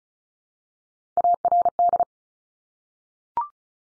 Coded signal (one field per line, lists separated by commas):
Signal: Morse code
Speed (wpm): 36 wpm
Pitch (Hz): 700 Hz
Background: none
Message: ARD